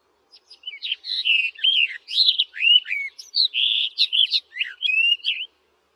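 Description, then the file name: Barred warbler song: a brisk scratchy warble of mixed harsh and whistled notes lasting about five seconds, then silence. "barredw nisoria"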